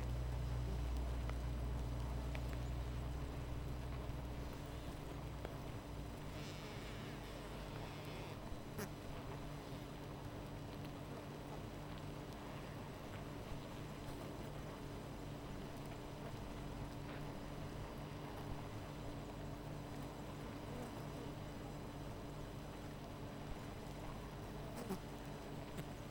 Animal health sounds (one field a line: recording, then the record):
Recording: honeybee colony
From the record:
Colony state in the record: missing queen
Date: 14 July 2017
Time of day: 13:27